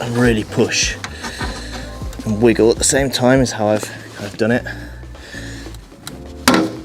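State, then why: Seated. Someone talks while plastic clips on a classic Land Rover light surround are pushed and wiggled into the holes in the front body panel, using the head of a hammer for extra leverage. A sharp, loud click at 6.5 s marks a clip snapping into place, and the surround is seated.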